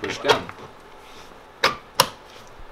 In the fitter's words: After it's been inserted all the way until you hear the clicking noise, then what you're going to do